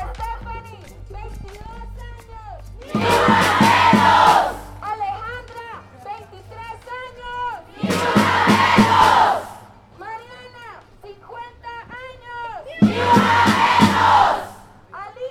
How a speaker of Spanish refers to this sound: Hoy, como ayer, como hace un mes, como hace un año, volvemos a tomar las calles para gritar en una sola voz, ¡basta ya! ¡Ni una menos! ¡Vivas nos queremos!